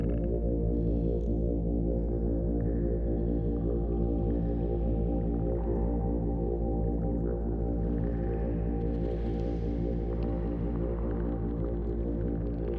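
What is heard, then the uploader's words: A dense background drone holds steady for the whole thirteen seconds, thick with layered low tones and a deep hum underneath. Faint higher washes drift in and out above it, swelling slightly around the middle and near the end, while the loudness never changes. I created a background drone with a coastal/nautical feel to accompany the field recording in some way. I used a synthesiser that uses granular synthesis to create the drone and textures. Harbour sounds in Bali reimagined by id_23.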